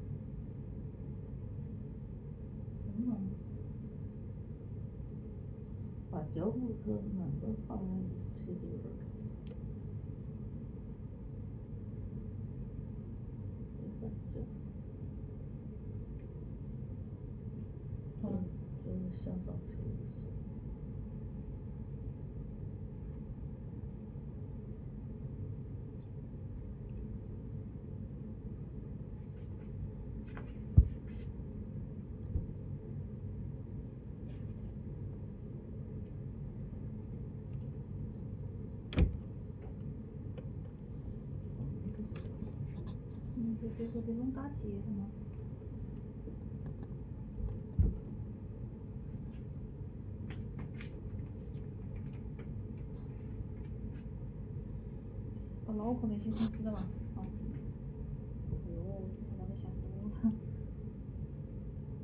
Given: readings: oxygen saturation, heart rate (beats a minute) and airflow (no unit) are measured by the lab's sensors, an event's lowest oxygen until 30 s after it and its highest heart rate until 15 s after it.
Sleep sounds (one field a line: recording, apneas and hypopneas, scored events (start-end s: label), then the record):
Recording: a person awake in a sleep study, by a smartphone at the bedside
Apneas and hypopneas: none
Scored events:
0.00-62.04 s: awake
0.00-62.04 s: awake
From the record:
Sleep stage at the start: awake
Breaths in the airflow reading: 19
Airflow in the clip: -5.9 to 9.3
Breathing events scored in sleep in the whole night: 496 in 5.4 hours asleep